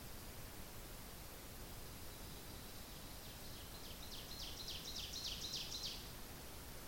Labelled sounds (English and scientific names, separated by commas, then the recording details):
Ovenbird (Seiurus aurocapilla) song
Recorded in boreal forest in Alberta, Canada, on 10 June 2016 at 08:57
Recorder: SongMeter 3, array SBT-3-39
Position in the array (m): 270 m, 158 m
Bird 19